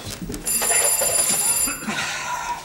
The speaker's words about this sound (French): Oh, vous permettez? Le téléphone.